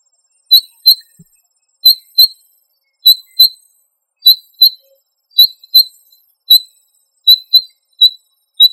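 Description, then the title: Quail calls: short, high, clean chirps in quick pairs, each pair repeated about every 1.2 seconds, with single notes near the end and an otherwise silent background. "Familia Tinamidae - Quail - Puyuh"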